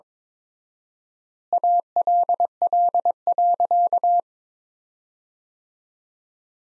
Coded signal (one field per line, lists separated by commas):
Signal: Morse code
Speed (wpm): 21 wpm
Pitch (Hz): 700 Hz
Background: none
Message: ALL.